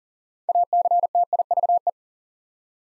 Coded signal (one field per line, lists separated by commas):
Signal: Morse code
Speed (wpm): 40 wpm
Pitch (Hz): 700 Hz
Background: none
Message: ACTIVE